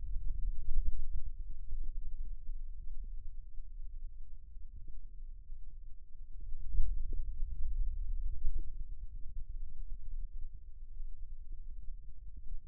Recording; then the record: forearm muscle sounds (acoustic myography)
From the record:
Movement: radial deviation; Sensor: system 2, bracelet of six BSWA MPA416 microphones around the upper forearm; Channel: 6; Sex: male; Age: 22 years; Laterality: right